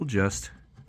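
A plastic retainer clip taken from the old window regulator is being handled at the hole on the new plastic regulator panel of a 2018 Ram 1500 Quad Cab passenger front door, where a screw cannot go. Someone talks briefly, then only quiet handling remains with a faint tap at the very end. Nothing has seated or clicked yet.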